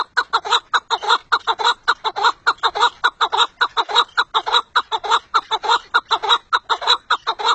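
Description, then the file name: Partridge giving a steady, rapid run of rasping chuckling notes, evenly spaced and repeated without pause. "perdiz"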